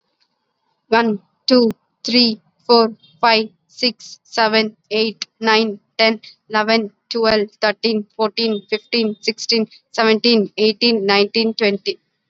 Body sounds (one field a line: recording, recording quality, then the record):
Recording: counting at a normal pace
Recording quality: excellent, no background noise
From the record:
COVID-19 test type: RT-PCR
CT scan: not taken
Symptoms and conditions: none ticked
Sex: female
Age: 21 years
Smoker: no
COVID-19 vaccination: both doses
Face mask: worn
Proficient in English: yes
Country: India